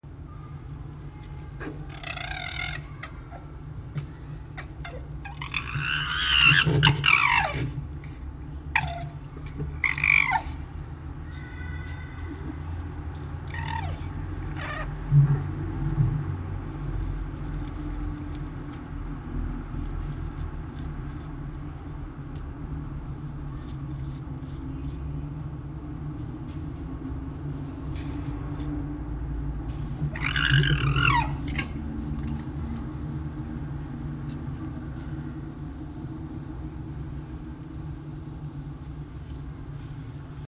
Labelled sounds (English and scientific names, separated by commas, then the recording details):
Red Fox (Vulpes vulpes)
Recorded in captivity
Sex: group
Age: adult
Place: Zoologisches Institut der HUB, Berlin, DE
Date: 1956-03-22 18:30
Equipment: Elmetra
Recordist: Tembrock, Günter
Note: Jupp: Muffen mit Fleisch; Fiffi: Keifen und Knurren gegen Molly